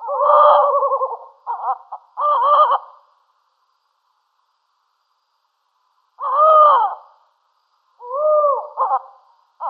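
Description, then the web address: Tawny owl gives loud quavering, wavering hoots in short bursts, some notes bending up and down, separated by a silent pause of about three seconds. Subspecies mauritanica; display calls. "Schulze Peter Tawny Owl mauritanica display"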